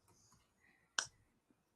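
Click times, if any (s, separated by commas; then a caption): 1.0 s. A budget folding knife, about 26 dollars, is flicked open and its blade locks into place. After a quiet stretch, a single sharp click rings out at 1.0 s, followed by a faint tick around 1.5 s. The blade locks open.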